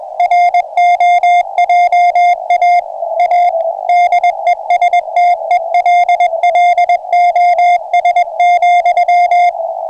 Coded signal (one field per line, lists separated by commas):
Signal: Morse code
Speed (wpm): 20 wpm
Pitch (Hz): 700 Hz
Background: music, radio noise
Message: ROJA A DESTELLOS,